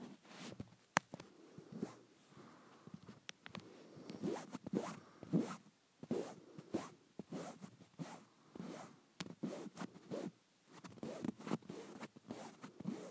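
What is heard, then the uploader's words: Fabric being handled in quick bursts of rustling and scratchy rubbing, with sharp zipper-like swishes cutting through repeatedly. The sounds come in uneven clusters across the whole stretch, mostly soft and low with bright crisp edges, separated by brief quiet gaps. ASMR Satisfying Fabric.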